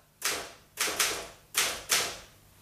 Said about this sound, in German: Bisschen tippen. Nur eine Typenprobe.